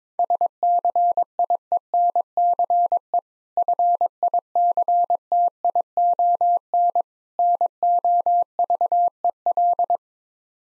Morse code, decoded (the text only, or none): SCIENCE FICTION NOVEL